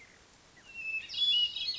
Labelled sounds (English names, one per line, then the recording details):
Hermit Thrush
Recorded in Sonoma County, California